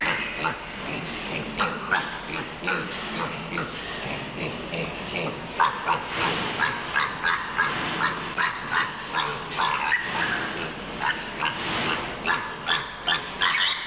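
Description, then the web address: Pigs giving rough grunts and sharp squeals, repeated rapidly in a steady restless chatter over constant background noise. "pig grunting squealing animal"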